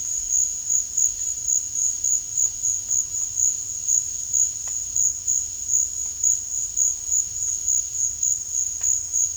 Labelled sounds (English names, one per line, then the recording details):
none
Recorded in dense forest near Puerto Asís, Putumayo, Colombia, on 18 December 2024 at 12:30
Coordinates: 0.484, -76.325
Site G056